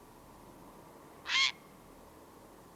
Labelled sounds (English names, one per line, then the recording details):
Grey Heron
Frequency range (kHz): Grey Heron 0.9-9.0 kHz
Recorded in France